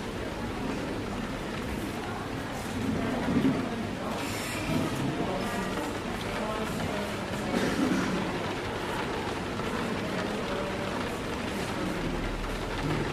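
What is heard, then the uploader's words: Rain patters steadily while people chatter quietly, their voices a dense, low murmur throughout. Brief clinks and knocks surface now and then, notably near four and eight seconds, over a constant hiss that never lets up. Rainy Day Coffee Shop Ambience | Rain Sounds & Cafe Atmosphere. Rain patters on the window, people chatter quietly at their tables, and cups filled with warm coffee clink behind the bar.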